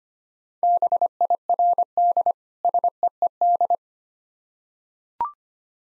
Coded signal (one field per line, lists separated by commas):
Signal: Morse code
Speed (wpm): 25 wpm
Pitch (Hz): 700 Hz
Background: none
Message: BIRD SEED